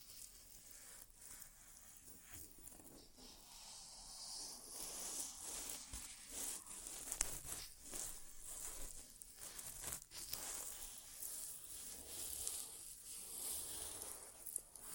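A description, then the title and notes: Wordless ASMR ear-exam sounds: a dense, bright crinkling and rustling that runs throughout, with soft scratchy strokes repeating every second or so. The sound swells after about four seconds, and a few sharper clicks stand out around seven and ten seconds. ASMR Inner Ear Exam (No Talking).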